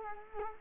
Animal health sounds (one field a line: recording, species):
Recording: mosquito wingbeat signal from an infrared sensor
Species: Culex quinquefasciatus